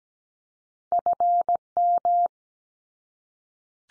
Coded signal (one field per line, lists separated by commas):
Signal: Morse code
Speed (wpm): 17 wpm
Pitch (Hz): 700 Hz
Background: none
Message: FM